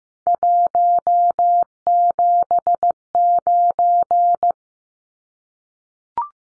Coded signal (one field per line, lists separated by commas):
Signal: Morse code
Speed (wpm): 15 wpm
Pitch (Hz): 700 Hz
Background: none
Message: 179